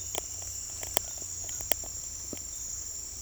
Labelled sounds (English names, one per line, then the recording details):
none
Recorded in secondary vegetation near Puerto Asís, Putumayo, Colombia, on 16 December 2024 at 07:00
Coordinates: 0.481, -76.318
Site G042